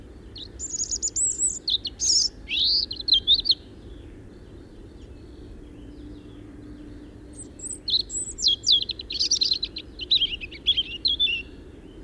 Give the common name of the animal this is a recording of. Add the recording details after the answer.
European Robin. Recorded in the wild. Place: Bergen, Insel Rügen, Mecklenburg-Vorpommern, DE. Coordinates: 54.415, 13.426. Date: 1976-04-25 06:15. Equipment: Nagra III BH, Sennheiser MD 21, parabola. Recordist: Schubert, Michael